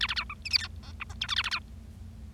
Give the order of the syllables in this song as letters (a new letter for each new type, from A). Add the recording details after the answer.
A A B C D E F G H I J K A A B. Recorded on 25 March 2012 at 11:56. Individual gy6or6